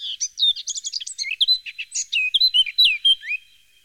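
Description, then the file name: Eurasian blackcap song: a fast, continuous warble of varied chattering and whistled notes, ending in clearer fluty phrases over about three and a half seconds, against a quiet background. "Jean C Roche - Fauvette a tete noire"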